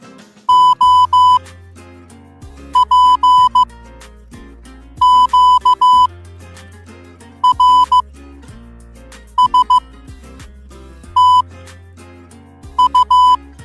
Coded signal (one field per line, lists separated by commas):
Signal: Morse code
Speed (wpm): 15 wpm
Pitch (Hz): 1000 Hz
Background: music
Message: O P Q R S T U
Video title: MORSE CODE WITH SOUND 4K - Learning